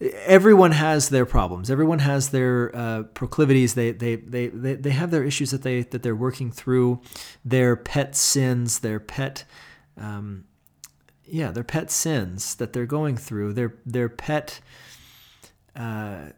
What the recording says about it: Because of my speech, because of my stutter. I have a speech impediment.